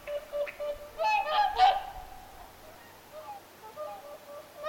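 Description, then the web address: Whooper swans giving bugling honks, a burst of louder overlapping calls in the middle, then quieter calls. Whooper swans vocalizing at Lintulahti, 6 November 2025. "paivat 6 11 2025 laulujoutsenten aantelya lintulahdella"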